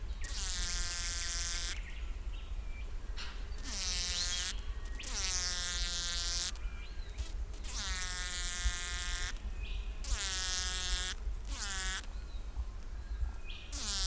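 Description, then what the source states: Bee buzzing in repeated loud bursts of about one to two seconds, each a rich droning tone with a hissy edge, separated by short quiet gaps. White-striped bee recorded 07/11/16 at 7:09 am EST.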